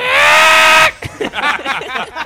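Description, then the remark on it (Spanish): A person lets out a loud, harsh, sustained screech lasting nearly a second, imitating a velociraptor, then it cuts off into a jumble of excited voices and chatter. “Ha venido un velociraptor a la sala.”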